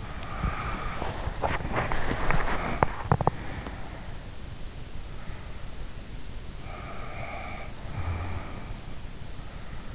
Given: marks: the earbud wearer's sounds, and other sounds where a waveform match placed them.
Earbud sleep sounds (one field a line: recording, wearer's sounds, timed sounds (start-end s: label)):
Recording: sounds in sleep by an in-ear microphone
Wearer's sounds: breath, body movement, teeth grinding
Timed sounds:
0.00-0.90 s: breath
0.64-2.84 s: body movement
2.62-3.94 s: teeth grinding
6.65-8.89 s: breath